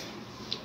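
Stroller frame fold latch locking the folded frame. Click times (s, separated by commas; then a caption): 0.5 s. The fold latch on a Galzerano Apolo Travel System 1395 baby stroller frame is pulled, and it locks the folded frame shut with a single short, sharp click at 0.5 s over a steady low background. The frame is confirmed closed and latched.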